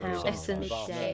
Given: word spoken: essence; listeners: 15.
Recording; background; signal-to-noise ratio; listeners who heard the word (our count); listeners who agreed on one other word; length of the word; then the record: one English word in noise, from a listening test; four-talker babble; -1.7 dB; 0 of 15; 10 of 15; 0.74 s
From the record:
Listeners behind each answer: 10, 2, 1, 1, 1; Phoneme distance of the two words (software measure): 24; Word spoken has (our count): 2 syllables, 4 phonemes, stress on syllable 1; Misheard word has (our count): 2 syllables, 4 phonemes, stress on syllable 1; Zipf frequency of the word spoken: 3.96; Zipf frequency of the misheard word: 5.25